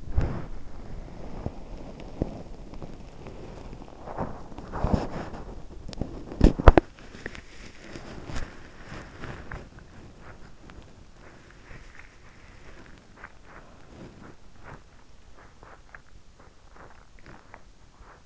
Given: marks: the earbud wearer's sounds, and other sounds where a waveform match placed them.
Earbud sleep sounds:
sounds in sleep by an in-ear microphone; body movement
0.00-18.25 s: body movement

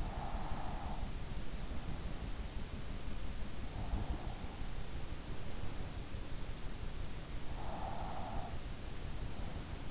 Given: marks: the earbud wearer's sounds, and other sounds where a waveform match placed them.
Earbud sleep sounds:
sounds in sleep by an in-ear microphone; breath
0.00-2.65 s: breath
7.44-9.27 s: breath

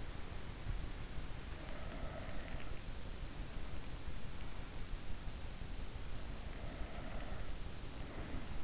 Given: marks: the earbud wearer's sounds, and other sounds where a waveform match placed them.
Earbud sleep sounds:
sounds in sleep by an in-ear microphone; breath
1.33-2.82 s: breath
6.42-8.64 s: breath

